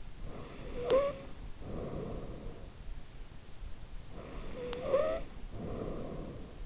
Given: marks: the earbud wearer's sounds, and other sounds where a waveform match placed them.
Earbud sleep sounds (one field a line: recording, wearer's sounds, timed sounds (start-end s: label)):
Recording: sounds in sleep by an in-ear microphone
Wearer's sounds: snoring breath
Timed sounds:
0.50-3.04 s: snoring breath
4.09-6.65 s: snoring breath